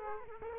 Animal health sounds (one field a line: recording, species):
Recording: mosquito wingbeat signal from an infrared sensor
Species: Culex quinquefasciatus